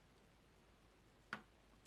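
A small screw is turned backwards in a plastic screw post of a Game Boy Advance handheld console shell, and at 1.3 s it drops into its original thread with a sharp, faint click. A much softer tick follows near the end against quiet background hiss. The screw is seated back where it came from rather than cutting a new thread into the plastic post.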